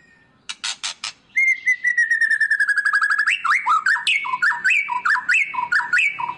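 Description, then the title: White-rumped shama song: harsh bursts, then a long descending trill followed by rapid jumping whistles and clicks, loud and continuous. Lure song of an actively singing ('gacor') murai batu, played to make other birds respond. "PANCINGAN MURAI BATU GACOR, LANGSUNG RESPON"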